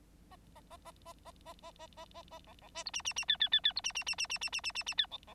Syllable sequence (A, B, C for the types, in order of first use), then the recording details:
A A A A A A A A A A A A B B C D E E E F F F F D E E E E E E E E E E F B B. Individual Bird9